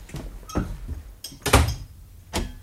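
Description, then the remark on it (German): A door is opened and shut as a father comes in, with a few sharp clicks and rattles around one heavy, low thud. No one speaks. “Mach die Tür zu, Vater.”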